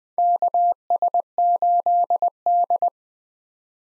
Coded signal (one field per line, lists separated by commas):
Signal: Morse code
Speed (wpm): 21 wpm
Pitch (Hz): 700 Hz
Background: none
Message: KS8D